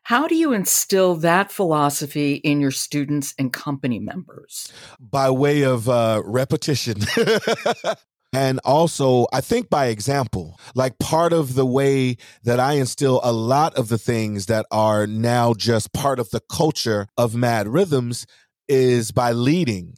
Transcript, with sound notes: How do you instill that philosophy in your students and company members?
By way of repetition. [laughs] And also by example. Part of the way that I instill a lot of the things that are now just part of the culture of MADD Rhythms is by leading.